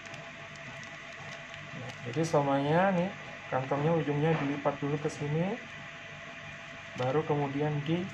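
The closure clip and drainable end of a stoma pouch are handled and positioned, and the end of the pouch is folded first before clipping, while someone talks. A faint hit is heard around 1.5 s, but it is not the closing click. Nothing has clicked shut yet.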